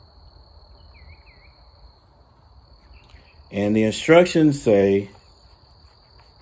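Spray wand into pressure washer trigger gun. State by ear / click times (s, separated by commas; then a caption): not seated / none. A spray wand is threaded clockwise into the trigger gun of a Bauer 2300 psi electric pressure washer, but it never clicks into place. A steady high-pitched insect-like tone runs under quiet background noise for the whole clip, and someone talks from about 3.5 to 5.1 seconds. No click is heard, and the wand has not clicked into the trigger gun.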